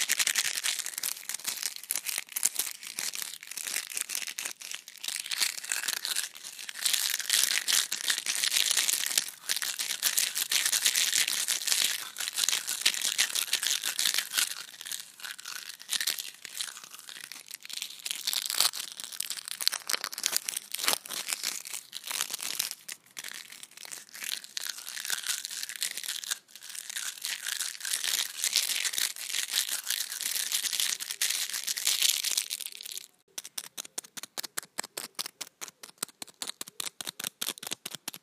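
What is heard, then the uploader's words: Scrunched-up foil is rubbed between hands in a dense, crackling rustle that runs almost without pause for about 33 seconds, bright and hissy with many sharp crinkles. Near the end the rubbing stops and gives way to a sparse, rapid run of small ticking clicks. Various ASMR triggers with foil. Rubbing scrunched-up foil in my hands.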